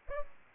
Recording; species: mosquito wingbeat signal from an infrared sensor; Aedes aegypti